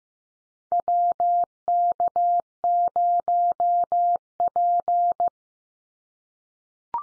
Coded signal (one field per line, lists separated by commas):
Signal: Morse code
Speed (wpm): 15 wpm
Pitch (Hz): 700 Hz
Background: none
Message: WK0P